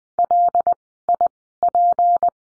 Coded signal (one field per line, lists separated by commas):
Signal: Morse code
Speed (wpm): 20 wpm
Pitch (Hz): 700 Hz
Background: none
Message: LIP